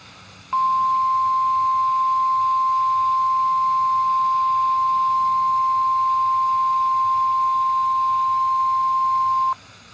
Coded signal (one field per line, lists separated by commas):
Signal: Emergency Alert System (SAME) tones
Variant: 1050 Hz attention tone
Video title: KXI68 Required Weekly Test #1 (EAS #785)